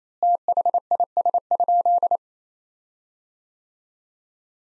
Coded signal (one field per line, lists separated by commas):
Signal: Morse code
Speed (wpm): 28 wpm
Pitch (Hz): 700 Hz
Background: none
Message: THIS?